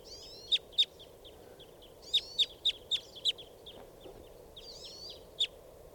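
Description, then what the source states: Red crossbill calling with sharp clipped downslurred notes in loose bursts, plus brief twittery warbles, over low background noise. Type 2 red crossbill calling near a net with a couple of crossbills present; recorded at 7:16.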